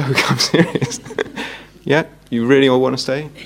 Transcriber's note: laughter